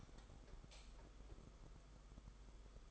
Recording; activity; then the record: daily activity, microphone in the room; light on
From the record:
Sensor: 5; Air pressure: 991.2 hPa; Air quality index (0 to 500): 106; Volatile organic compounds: 22 ppm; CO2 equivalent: 2763 ppm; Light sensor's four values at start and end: 18/43/17/19 and 19/48/19/21